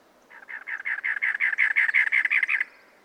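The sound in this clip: Cactus wren song: many scratchy, rasping notes repeated quickly and evenly, rising in volume then ending sharply.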